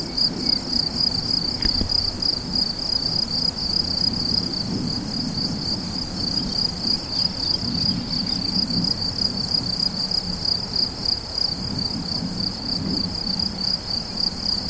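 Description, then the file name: Crickets singing, a continuous high-pitched pulsing trill over a low background rumble. Recorded 17 July 2013 with an MZ-N710 recorder. "grillons la fortiche 17 07 13"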